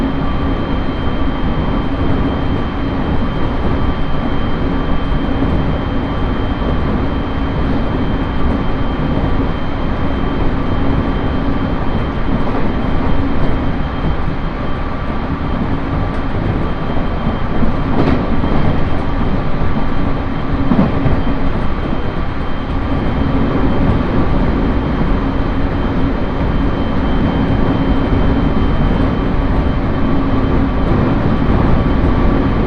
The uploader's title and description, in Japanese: 羽越本線 羽後本荘→秋田。羽後本荘で沢山乗車しているので車内が混雑しています。